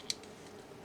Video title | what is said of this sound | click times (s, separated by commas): 年度最佳提名！变形金刚AMT02冲云霄玩具开箱单体篇 | After the location was determined He locked this area up. | 0.1 s